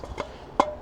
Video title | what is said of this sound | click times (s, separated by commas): Unboxing our new Cadac Chef 50 BBQ for the caravan | and it will just click into place | 0.6 s